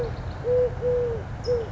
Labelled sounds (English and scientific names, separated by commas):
Eurasian Collared Dove (Streptopelia decaocto)